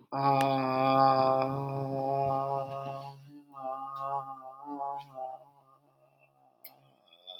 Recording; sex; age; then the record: vowel held as long as possible; male; 40 to 49 years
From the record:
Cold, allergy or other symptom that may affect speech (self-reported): no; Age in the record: 45 years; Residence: Virginia, United States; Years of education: 16